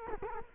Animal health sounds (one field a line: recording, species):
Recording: mosquito wingbeat signal from an infrared sensor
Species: Culex quinquefasciatus